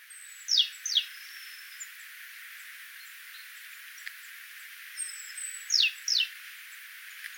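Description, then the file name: Great tit calls: pairs of thin, steeply falling notes, one pair near the start and another near the end, with quiet faint chips between. "Parus major"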